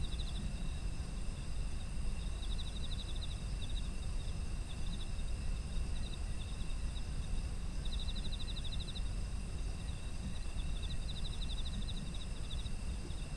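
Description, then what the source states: Autumn insects calling: repeated bursts of quick high chirps, a steady shrill drone beneath, and a deep continuous rumble. Autumn insects, environmental ambient sound.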